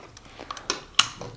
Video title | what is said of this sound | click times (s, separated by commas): EK Archery Vulcan 415 : la nouvelle arbalète 2026 va vous surprendre | Ah, j'ai entendu, clac, j'ai vu la sécurité s'armer, c'est OK. | 1.0 s